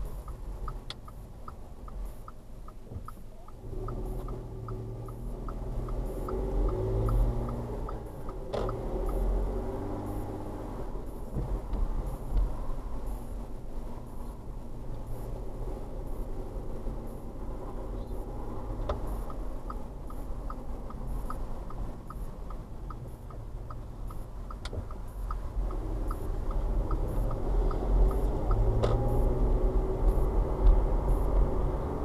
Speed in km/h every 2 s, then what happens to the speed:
10, 2, 8, 13, 18, 21, 21, 21, 23, 23, 21, 15, 10, 16, 27, 31.
3-9 pulls away to 21. 9-19 steady at about 21. 19-24 slows to 10. 24-32 speeds up to 31.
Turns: 3-7, 21-26.